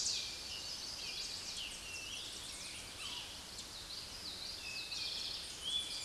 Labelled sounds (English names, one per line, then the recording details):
Eastern Towhee song
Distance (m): 50 m
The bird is about 5 m above the microphone
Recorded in a Pennsylvania forest on 16 May 2024 at 06:40
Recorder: AudioMoth, point MSD-1534
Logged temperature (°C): 15.6 °C
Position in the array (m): 86 m, 4 m